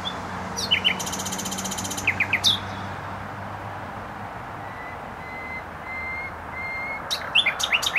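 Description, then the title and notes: Nightingale song: varied phrases with a buzzy rattle, then a quiet series of thin whistled notes, and sharp notes at the end, over traffic rumble. Singing in bushes close to a noisy motorway, Trasa Toruńska, Bródno-Podgrodzie, Warsaw, Poland; recorded with an Olympus LS-11. "Bródno-Podgrodzie, Warszawa, Polska - Trasa Toruńska Nightingale. Recording nightingale singing in bushes close to noisy motorway"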